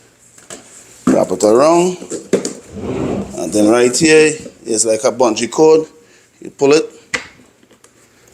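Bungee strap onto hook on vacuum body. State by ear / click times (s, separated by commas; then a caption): seated / 7.1 s. A hose is wrapped around a Milwaukee M18 Fuel 6 Gallon Wet/Dry Vacuum, and its elastic bungee cord strap is pulled over the wrapped hose and hooked onto the vacuum body while someone talks. A sharp snap at 7.1 s marks the strap hooking in place, leaving the hose neatly locked on the vacuum.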